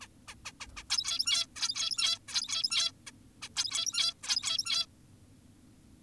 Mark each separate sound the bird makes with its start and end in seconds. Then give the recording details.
0.02-0.08, 0.28-0.35, 0.46-0.52, 0.60-0.67, 0.77-0.84, 0.90-1.46, 1.56-2.19, 2.28-2.92, 3.07-3.11, 3.42-3.49, 3.56-4.14, 4.23-4.86. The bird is an adult. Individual g17y2U